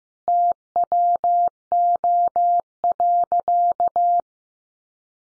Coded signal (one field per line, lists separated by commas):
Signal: Morse code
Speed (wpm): 14 wpm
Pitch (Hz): 700 Hz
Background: none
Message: TWO.